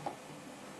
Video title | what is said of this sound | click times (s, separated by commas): Тестируем Кофеварку Филипс Сенсео HD7814/62. Test Philips Senseo Coffee Machine HD7814/62 | Закрываем до щелчка. | 0.1 s